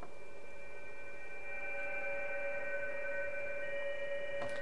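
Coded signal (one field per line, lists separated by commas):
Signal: PSK31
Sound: several steady warbling tones at once over hiss, like multiple narrow digital signals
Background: radio static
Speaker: let me let you listen to this signal for a minute it's different it's a different sounding signal here we go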